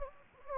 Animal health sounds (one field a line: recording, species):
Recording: mosquito wingbeat signal from an infrared sensor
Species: Anopheles gambiae